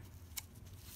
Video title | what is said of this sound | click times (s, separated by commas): Jeep Renegade Engine oil Change Complete How To Tutorial for 1.4 Turbo Fiat 500L 500X Dodge Dart | snap into place here | 0.4 s